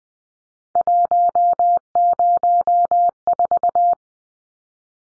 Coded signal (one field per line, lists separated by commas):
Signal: Morse code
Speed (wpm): 20 wpm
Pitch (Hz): 700 Hz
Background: none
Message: 104